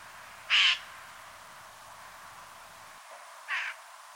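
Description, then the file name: Eurasian jay calls: two hoarse, grating screeches about three seconds apart, the second quieter than the first. "Garrulus glandarius"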